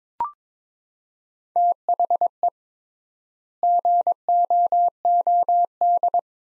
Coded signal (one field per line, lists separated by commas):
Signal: Morse code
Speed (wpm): 22 wpm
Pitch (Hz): 700 Hz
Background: none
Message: THE GOOD